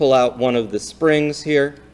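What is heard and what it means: A man talks as he pulls out one of the springs on a spring-loaded tripod phone grip to set a smartphone into it. Nothing has seated or clicked yet.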